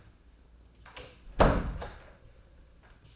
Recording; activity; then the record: daily activity, microphone in the room; close door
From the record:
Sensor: 2